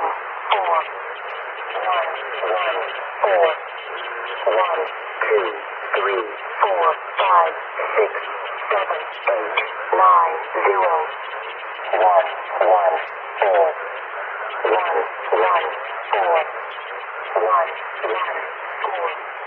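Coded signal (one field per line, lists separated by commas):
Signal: numbers station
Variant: E05 Cynthia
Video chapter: 10:37 - Agent 114 041507z Jan 1998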